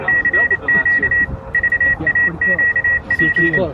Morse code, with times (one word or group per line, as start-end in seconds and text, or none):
0.1-1.2 CQ
1.5-3.6 VAQP